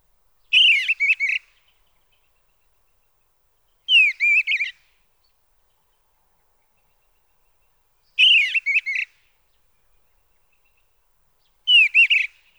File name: Eastern Bluebird